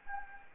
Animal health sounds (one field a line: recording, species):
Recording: mosquito wingbeat signal from an infrared sensor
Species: Anopheles gambiae